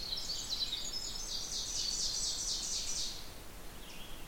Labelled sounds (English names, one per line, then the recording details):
Ovenbird song
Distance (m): 30 m
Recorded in boreal forest in Alberta, Canada, on 16 June 2016 at 08:43
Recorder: SongMeter 3, array SBT-3-32
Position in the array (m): 178 m, 34 m
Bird 36